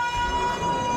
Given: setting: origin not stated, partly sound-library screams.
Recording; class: one-second piece from a danger detection set; woman in danger